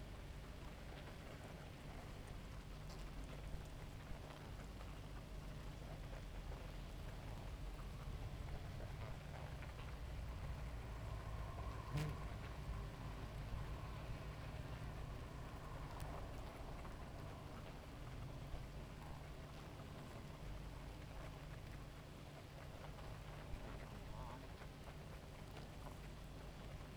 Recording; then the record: honeybee colony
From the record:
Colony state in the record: active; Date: 28 July 2017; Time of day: 2:55